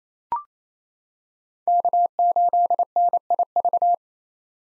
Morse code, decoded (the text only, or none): K8NIV